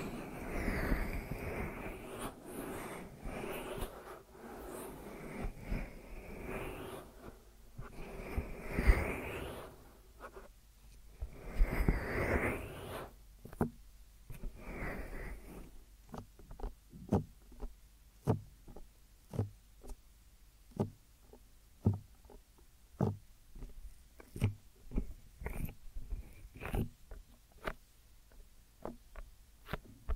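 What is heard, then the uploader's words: Deep ear massage sounds: dense, rubbing and muffled brushing fills the first fifteen seconds in swelling waves. After that it thins into sparse, crisp taps and soft clicks, scattered irregularly a few times per second until the end. ASMR Deep Ear Massage for Sleep(No Talking).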